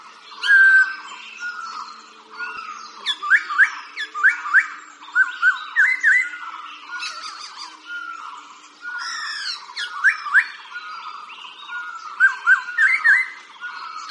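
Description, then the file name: Laughingthrush song: a varied, fast stream of rising and falling whistles, slurred notes and sharp clicks, with a faint low hum in the first seconds. "tieng chim khuou hot"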